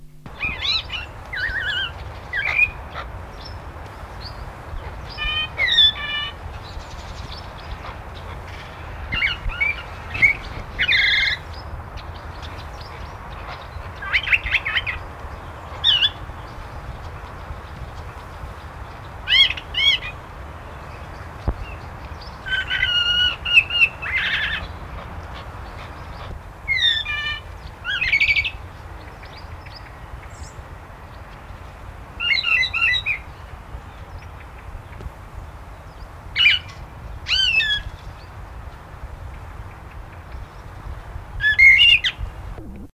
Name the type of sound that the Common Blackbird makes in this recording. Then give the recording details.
song. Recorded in the wild. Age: adult. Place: Zoo Frankfurt, Hessen, DE. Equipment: Halbspur, 9,5 cm/s. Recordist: Lütgens, Hans. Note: Gesang